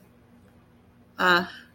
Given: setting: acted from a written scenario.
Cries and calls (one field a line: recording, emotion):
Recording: vocal sound without words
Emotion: neutral